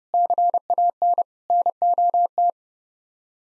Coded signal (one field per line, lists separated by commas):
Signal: Morse code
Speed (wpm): 36 wpm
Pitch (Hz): 700 Hz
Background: none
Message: CAN NOT